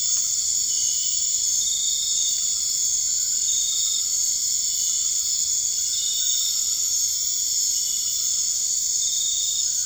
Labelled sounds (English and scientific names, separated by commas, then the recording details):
none
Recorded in dense forest near Puerto Asís, Putumayo, Colombia, on 12 March 2025 at 23:00
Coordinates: 0.485, -76.318
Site G056